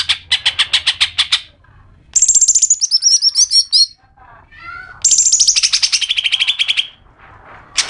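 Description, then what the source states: Greater green leafbird crecetan: fast rattled pulses alternating with high descending whistled notes, delivered in dense bursts with brief quiet gaps. Chattering (crecetan) call.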